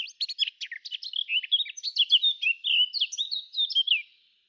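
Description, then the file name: Eurasian blackcap warbling song, with quick chattering notes that flow into slurred, whistled phrases for about four seconds. "Sylvia atricapilla"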